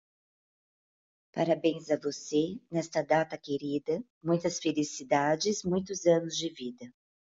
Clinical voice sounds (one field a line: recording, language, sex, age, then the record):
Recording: short text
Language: Brazilian Portuguese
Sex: female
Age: 40 to 49 years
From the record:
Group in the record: control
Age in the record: 45 years